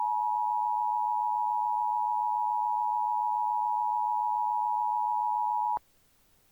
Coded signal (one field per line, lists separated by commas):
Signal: Emergency Alert System (SAME) tones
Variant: 853 and 960 Hz attention tone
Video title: EAS Mock | Space Shuttle Columbia Disaster